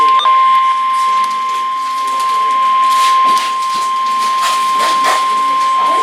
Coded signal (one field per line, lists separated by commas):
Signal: Emergency Alert System (SAME) tones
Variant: 1050 Hz attention tone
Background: speech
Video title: Quintuple Header Included! - EAS Alerts from 4/2/2024 (EAS #196-221)